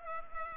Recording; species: mosquito wingbeat signal from an infrared sensor; Culex pipiens